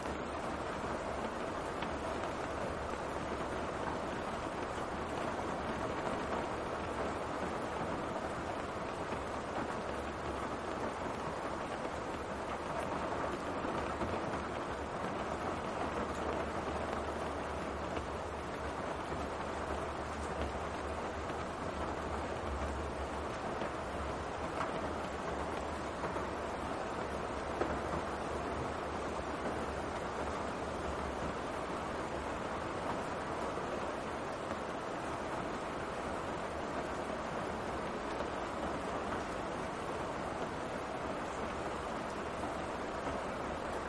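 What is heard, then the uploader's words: Rain falls in a steady, dense wash of hiss that holds at the same level for the whole stretch, with no single drops standing out. A low, constant rumble sits underneath, like traffic or machinery, and nothing else breaks the even texture. The sound of rain.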